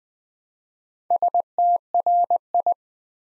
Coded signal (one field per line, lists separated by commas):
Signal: Morse code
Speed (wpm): 20 wpm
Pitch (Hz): 700 Hz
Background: none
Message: STRI